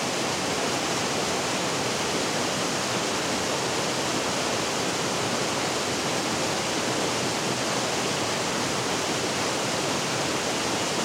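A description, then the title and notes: Water pours steadily over a dam in a dense, unbroken rush that stays at the same level for the whole stretch. The sound is full, with a bright hiss on top and a low churning roar underneath, and no separate events stand out. The steady rush of water flowing down the Rockford Dam. A Steady Rush of Flowing Water Down the Rockford Dam.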